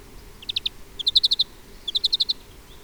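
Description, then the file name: European greenfinch calling: quick runs of clipped, twittering notes in three bursts, the middle run the strongest. "Chloris chloris"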